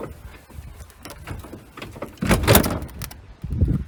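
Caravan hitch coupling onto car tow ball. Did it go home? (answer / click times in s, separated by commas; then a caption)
yes / 2.5 s. With the hitch lever pulled up, a caravan is lowered on its jockey wheel so its metal hitch head drops down onto the car's tow ball. Quiet rattles and knocks build to a loud metallic clunk at 2.6 s as the coupling seats on the ball, followed by a lower thud near the end. Someone talks.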